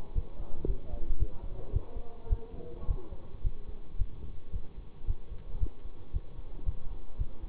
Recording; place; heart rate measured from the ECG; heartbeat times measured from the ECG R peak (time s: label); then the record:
heart sounds by stethoscope; between the tricuspid and mitral areas; 111 bpm
0.13 s: heartbeat
0.65 s: heartbeat
1.17 s: heartbeat
1.70 s: heartbeat
2.27 s: heartbeat
2.86 s: heartbeat
3.42 s: heartbeat
3.97 s: heartbeat
4.51 s: heartbeat
5.05 s: heartbeat
5.58 s: heartbeat
6.11 s: heartbeat
6.64 s: heartbeat
7.16 s: heartbeat
From the record:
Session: bicycle stress test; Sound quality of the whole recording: good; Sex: male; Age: 24 years